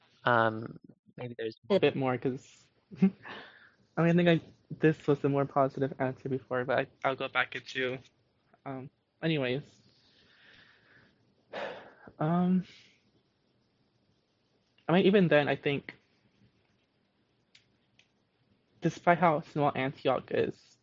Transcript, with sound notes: Maybe there's a bit more, because, I mean I--this was the more positive answer before but I'll go back at you. Anyways,, [sighs] I mean I even then, I think despite how small Antioch is,